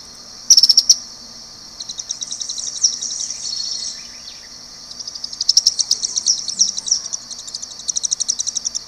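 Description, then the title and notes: White-crested tyrannulet calling: sharp high chips, then uneven twittering bursts, ending in a quick run of thin notes. Also called alegrinho-do-leste; a small tree-dwelling flycatcher of eastern Brazil, usually with a raised crest. "O Alegrinho (Serpophaga subcristata) é uma ave passeriforme da família Tyrannidae. É um pequeno papa-mosca arborícola do Brasil oriental"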